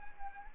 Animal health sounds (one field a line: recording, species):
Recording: mosquito wingbeat signal from an infrared sensor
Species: Anopheles arabiensis